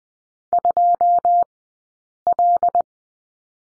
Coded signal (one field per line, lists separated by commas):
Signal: Morse code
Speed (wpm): 20 wpm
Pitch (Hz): 700 Hz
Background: none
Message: 2L